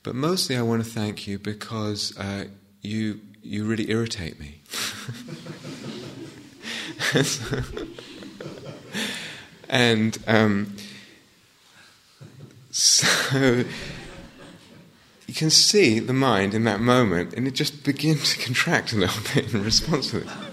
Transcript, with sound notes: But mostly I want to thank you because you really irritate me." [laughter] So... [laughs] You can see the mind in that moment, and it just begins to contract a little bit in response to